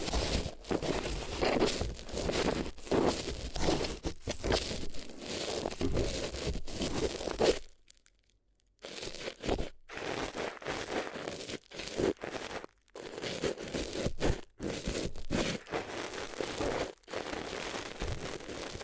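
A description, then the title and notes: ASMR paper sounds: dense crinkling and rustling with sharp crackles, pausing into near silence around eight seconds, then resuming in bursts. ASMR If You Had Paper Ears (No Talking).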